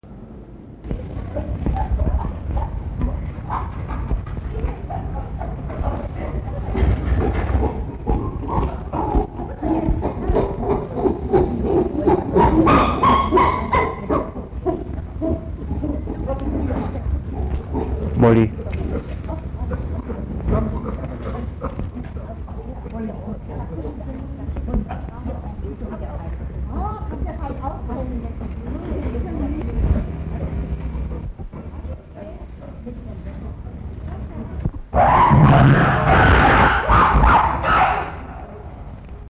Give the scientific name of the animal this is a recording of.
Pan troglodytes